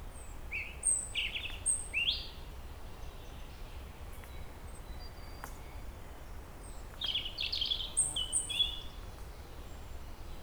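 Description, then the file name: European robin song in two spaced phrases, each a quick sequence of high sliding whistles and thin trilled notes, separated by several seconds of quiet hiss. "Erithacus rubecula"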